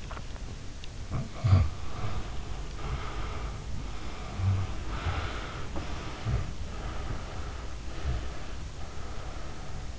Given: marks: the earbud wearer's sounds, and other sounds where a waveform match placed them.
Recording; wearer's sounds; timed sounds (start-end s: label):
sounds in sleep by an in-ear microphone; swallowing
0.00-0.31 s: swallowing
1.06-9.95 s: sound from someone else or the room